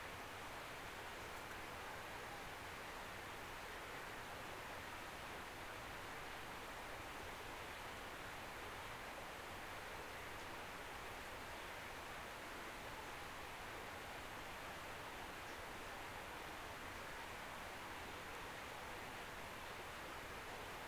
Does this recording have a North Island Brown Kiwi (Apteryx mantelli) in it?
no